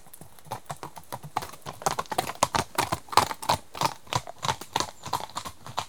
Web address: The BBC Sound Effects Library. Horses